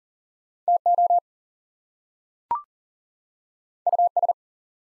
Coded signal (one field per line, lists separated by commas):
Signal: Morse code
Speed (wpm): 40 wpm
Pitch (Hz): 700 Hz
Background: none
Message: TO US